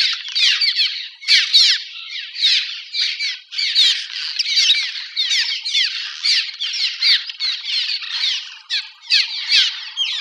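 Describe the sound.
Cliff swallow chatter: dense squeaky, scratchy notes from several birds in overlapping bursts, with brief gaps between outbursts.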